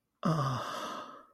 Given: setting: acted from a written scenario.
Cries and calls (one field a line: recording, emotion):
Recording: vocal sound without words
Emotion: ecstasy